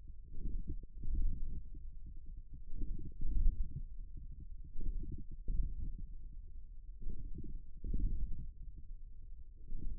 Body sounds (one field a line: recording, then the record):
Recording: forearm muscle sounds (acoustic myography)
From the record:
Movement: ulnar deviation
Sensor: system 1, eight BSWA MPA416 microphones around the upper forearm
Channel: 8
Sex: male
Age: 41 years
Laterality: right